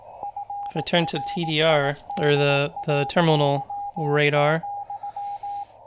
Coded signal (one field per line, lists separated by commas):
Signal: Morse code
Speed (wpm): 18 wpm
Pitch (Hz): 810 Hz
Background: speech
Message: FRIDAY,